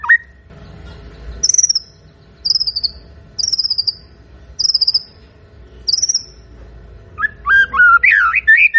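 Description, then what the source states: White-rumped shama singing a series of five short, high whistles spaced about a second apart, then a quick, varied warbling burst. Lure recording of a bird singing continuously, used to provoke a quick response from other shamas.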